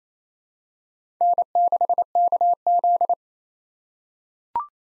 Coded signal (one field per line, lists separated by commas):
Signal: Morse code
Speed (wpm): 28 wpm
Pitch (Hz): 700 Hz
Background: none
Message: N6KZ